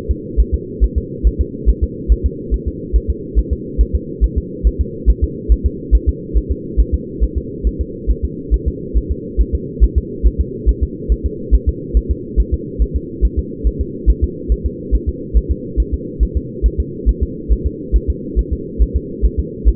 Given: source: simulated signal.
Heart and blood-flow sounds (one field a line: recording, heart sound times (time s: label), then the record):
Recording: fetal heart sounds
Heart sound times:
0.11 s: S2
0.40 s: S1
0.54 s: S2
0.84 s: S1
0.98 s: S2
1.27 s: S1
1.41 s: S2
1.70 s: S1
1.84 s: S2
2.12 s: S1
2.26 s: S2
2.54 s: S1
2.68 s: S2
2.96 s: S1
3.10 s: S2
3.39 s: S1
3.53 s: S2
3.81 s: S1
3.95 s: S2
4.24 s: S1
4.38 s: S2
4.67 s: S1
4.81 s: S2
5.10 s: S1
5.24 s: S2
5.52 s: S1
5.66 s: S2
5.95 s: S1
6.09 s: S2
6.37 s: S1
6.52 s: S2
6.80 s: S1
6.94 s: S2
7.23 s: S1
7.38 s: S2
7.67 s: S1
7.81 s: S2
8.11 s: S1
8.25 s: S2
8.54 s: S1
8.68 s: S2
8.97 s: S1
9.12 s: S2
9.41 s: S1
9.55 s: S2
9.84 s: S1
9.98 s: S2
10.27 s: S1
10.41 s: S2
10.69 s: S1
10.83 s: S2
11.12 s: S1
11.26 s: S2
11.55 s: S1
11.69 s: S2
11.97 s: S1
12.11 s: S2
12.40 s: S1
12.54 s: S2
12.82 s: S1
12.96 s: S2
13.25 s: S1
13.39 s: S2
13.67 s: S1
13.81 s: S2
14.10 s: S1
14.24 s: S2
14.52 s: S1
14.66 s: S2
14.95 s: S1
15.09 s: S2
15.37 s: S1
15.51 s: S2
15.80 s: S1
15.94 s: S2
16.23 s: S1
16.37 s: S2
16.66 s: S1
16.80 s: S2
17.09 s: S1
17.23 s: S2
17.52 s: S1
17.67 s: S2
17.96 s: S1
18.10 s: S2
18.39 s: S1
18.53 s: S2
18.82 s: S1
18.96 s: S2
19.25 s: S1
19.40 s: S2
19.69 s: S1
From the record:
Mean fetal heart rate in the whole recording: 140 bpm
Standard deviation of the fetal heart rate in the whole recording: 2 bpm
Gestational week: 34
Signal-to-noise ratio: -4.1 dB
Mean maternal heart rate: no maternal heart sound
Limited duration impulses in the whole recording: absent